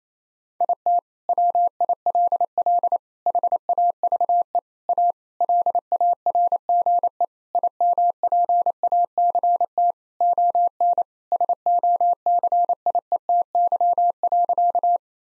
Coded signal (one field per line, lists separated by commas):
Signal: Morse code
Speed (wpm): 28 wpm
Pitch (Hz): 700 Hz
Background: none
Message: IT WILL HAVE A LARGE IMPACT ON SOCIETY.